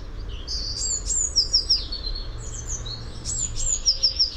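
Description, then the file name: Eurasian blue tit singing two high, thin phrases, each a few sweeping notes that end in a fast run of short repeated notes, over faint background hiss. "Cyanistes caeruleus"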